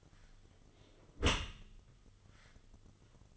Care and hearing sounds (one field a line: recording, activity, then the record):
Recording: daily activity, microphone in the room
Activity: close dishwasher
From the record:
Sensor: 4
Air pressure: 1005.6 hPa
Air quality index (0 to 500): 110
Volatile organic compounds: 3 ppm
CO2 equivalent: 1378 ppm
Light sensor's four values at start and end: 12/27/11/10 and 12/27/11/10